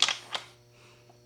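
The small lever on the metal folding-frame hinge latch of an AMYET Ares 52v dual-motor folding electric bike is pulled, and the clamp pops open with a sharp click at 0.0 s. A softer follow-on rattle comes at 0.1 s and a second clack at 0.4 s, then quiet with a low steady hum. The latch is released.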